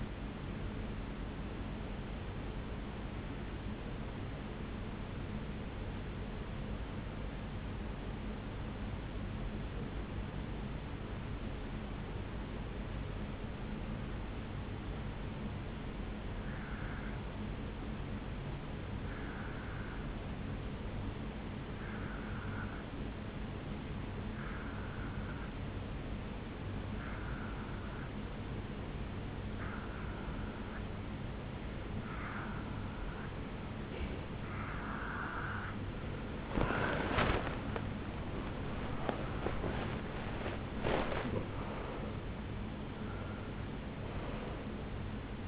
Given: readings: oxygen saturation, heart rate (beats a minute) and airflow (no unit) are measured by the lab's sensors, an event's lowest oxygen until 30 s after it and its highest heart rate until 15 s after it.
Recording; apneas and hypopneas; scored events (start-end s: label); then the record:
breathing in sleep by a voice recorder at the bedside; 1
6.00-31.80 s: obstructive apnea (N1, oxygen 96% highest, then 88% lowest, heart rate 57 at the start, 76 highest)
13.00-43.00 s: new sleep stage, N2 (light sleep)
43.00-45.48 s: new sleep stage, N1 (lightest sleep)
From the record:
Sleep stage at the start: N1 (lightest sleep); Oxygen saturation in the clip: 88 to 96%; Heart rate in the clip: 56 to 76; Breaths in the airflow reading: 4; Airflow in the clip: -9.4 to 6.8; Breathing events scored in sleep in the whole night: 449 in 7.0 hours asleep